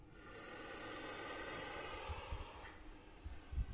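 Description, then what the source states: Puff adder puffing: a long, breathy, rushing hiss. Captive snake in a venom research unit, Liverpool, microphone held on a pole; distinctive puff, described as terrifying and like somebody heavy breathing.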